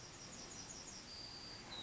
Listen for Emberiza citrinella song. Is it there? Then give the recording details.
yes. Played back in forest. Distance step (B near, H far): F. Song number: 042